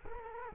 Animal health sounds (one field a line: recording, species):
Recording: mosquito wingbeat signal from an infrared sensor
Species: Culex quinquefasciatus